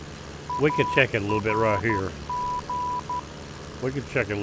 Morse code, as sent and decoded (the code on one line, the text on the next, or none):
.- .-. --.
ARG